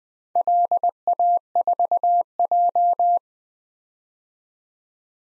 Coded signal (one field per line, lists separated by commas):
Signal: Morse code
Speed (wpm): 20 wpm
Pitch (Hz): 700 Hz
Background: none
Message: LA4J